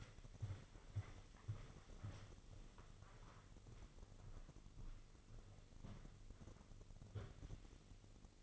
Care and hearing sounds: daily activity, microphone in the room; walk to room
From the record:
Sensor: 4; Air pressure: 996.3 hPa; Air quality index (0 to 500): 83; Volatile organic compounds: 4 ppm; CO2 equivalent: 1592 ppm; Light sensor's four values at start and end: 18/50/19/20 and 19/51/20/21

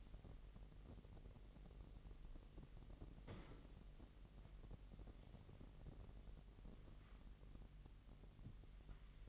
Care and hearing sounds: daily activity, microphone in the room; wipe stove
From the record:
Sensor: 4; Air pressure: 1001.7 hPa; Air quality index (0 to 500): 247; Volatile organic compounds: 40 ppm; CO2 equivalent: 3144 ppm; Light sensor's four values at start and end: 8/19/7/7 and 8/19/7/7

